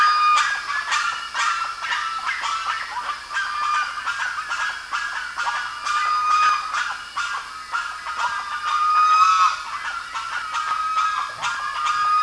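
Birds calling continuously: rapid harsh harmonic notes from several birds overlap, with occasional drawn-out whistled tones, throughout.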